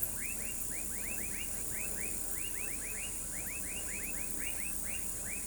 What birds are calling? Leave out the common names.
none